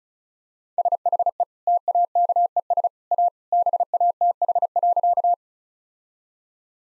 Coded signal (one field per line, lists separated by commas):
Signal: Morse code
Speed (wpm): 36 wpm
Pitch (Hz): 700 Hz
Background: none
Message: SHE TAKES A BATH.